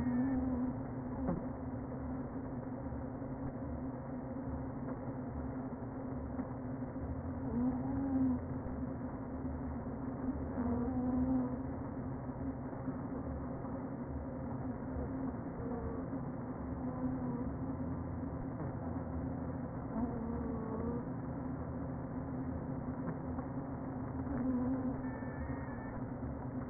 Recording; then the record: honeybee colony, microphone inside the hive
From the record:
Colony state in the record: queen present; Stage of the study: before two queens were removed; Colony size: about 60,000 bees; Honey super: yes